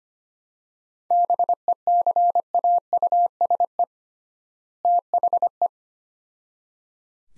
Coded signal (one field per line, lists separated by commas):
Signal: Morse code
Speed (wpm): 25 wpm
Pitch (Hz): 700 Hz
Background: none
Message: BECAUSE THE